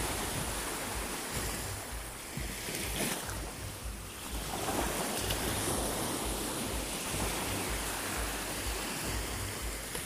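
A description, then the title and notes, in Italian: Sea surf at a beach, a steady rushing wash of water that fills the whole clip with dense hiss and a low rumble underneath. A wave swells and breaks around the four to five second mark, then the churning continues evenly to the end. Mare #Rilassante #Passeggiata #Spiaggia La Foggia #Siculiana.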